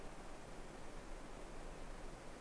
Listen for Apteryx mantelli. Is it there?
no